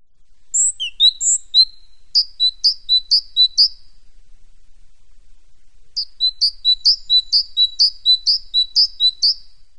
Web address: madarhang szencinege